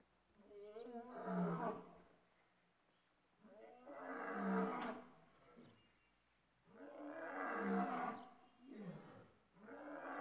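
Lion uttering slow, deep, moaning roars, about four drawn-out groaning calls spaced around three seconds apart, rough and low.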